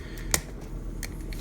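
A plastic laser weapon is worked out of the forearm of a TakaraTomy Transformers Masterpiece MP-38 Convoy (Beast Wars Legendary Leader Ver.) figure, a laser that is always a pain to get out. A sharp plastic click at 0.3 s marks it popping free, with fainter clicks around 1.0 s and 1.3 s. The laser is released from the forearm.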